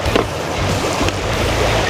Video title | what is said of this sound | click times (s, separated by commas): Our Ramblin Van: "HERE 4 GEAR" - Guzzle H20 Water Purification System | to the side of your guzzle that is red or orange and snaps in place with quick connects. | 0.2 s